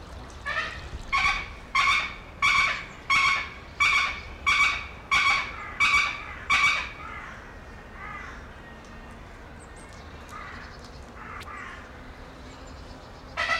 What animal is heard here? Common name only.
Pallas's Fish Eagle